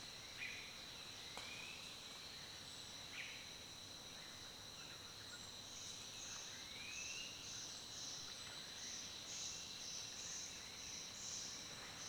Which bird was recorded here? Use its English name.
White-tailed Ant-thrush